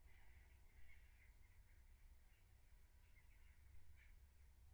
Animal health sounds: poultry house recording; no chicken sound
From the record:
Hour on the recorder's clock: 15

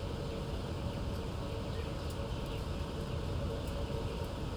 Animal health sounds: poultry house recording; healthy chickens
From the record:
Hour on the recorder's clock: 18

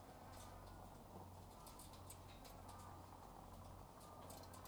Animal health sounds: poultry house recording; sick chickens (respiratory disease)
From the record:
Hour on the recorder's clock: 12

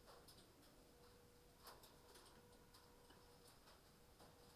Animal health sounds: poultry house recording; no chicken sound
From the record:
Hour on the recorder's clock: 21

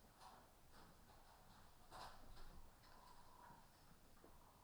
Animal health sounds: poultry house recording; healthy chickens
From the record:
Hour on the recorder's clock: 14

